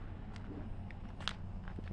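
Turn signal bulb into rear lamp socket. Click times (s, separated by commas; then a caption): 1.3 s. A replacement 7440 amber turn signal bulb is pushed down into its plastic rear lamp socket on a 9th-generation Honda Accord, against a steady low hum with a few faint ticks and scrapes. At 1.3 s a sharp, bright click marks the bulb seating in the socket.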